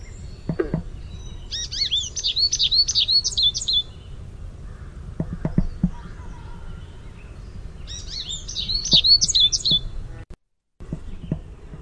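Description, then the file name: American goldfinch twittering contact song in two phrases of quick, slurred high notes, plus scattered clicks and knocks in the background. Contact song with "sweeet" notes. "AMGO contact song sweeet"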